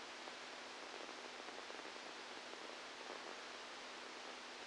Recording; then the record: brain microelectrode recording played as sound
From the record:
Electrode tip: outside the subthalamic nucleus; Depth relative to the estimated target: -6 mm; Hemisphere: left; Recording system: NeuroSet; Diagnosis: Parkinson's disease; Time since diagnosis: 12 years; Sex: male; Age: 61 years